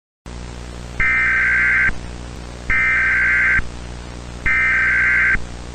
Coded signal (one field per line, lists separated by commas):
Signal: Emergency Alert System (SAME) tones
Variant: header bursts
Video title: EAS Scenario - Pretty Blood [READ DESC]